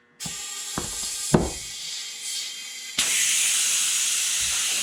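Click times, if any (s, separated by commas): 3.0 s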